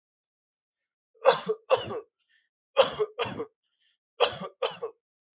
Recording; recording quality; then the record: heavy voluntary cough; excellent, no background noise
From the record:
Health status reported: healthy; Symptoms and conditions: none ticked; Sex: male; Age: 23 years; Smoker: not ticked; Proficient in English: yes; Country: India